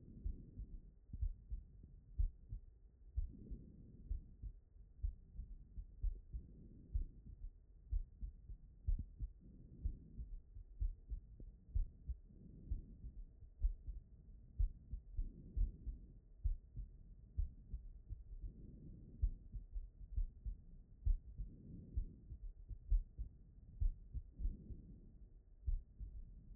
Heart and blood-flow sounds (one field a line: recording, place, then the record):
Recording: heart sounds by stethoscope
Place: pulmonary valve (PV)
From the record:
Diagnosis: non-HFrEF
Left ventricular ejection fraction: 58%